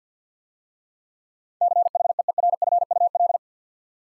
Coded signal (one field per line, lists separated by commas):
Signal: Morse code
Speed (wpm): 52 wpm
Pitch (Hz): 700 Hz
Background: none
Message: CHEERFUL